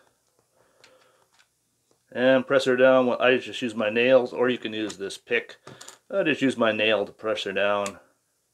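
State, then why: Not seated. A micro SD card is pressed with a fingernail into the spring-loaded card slot of a CAMDUCK wall-outlet hidden camera. A few faint taps are heard around 0.8 s, 1.4 s and 1.9 s, then someone talks from about 2.1 s to the end. Nothing has seated or clicked yet.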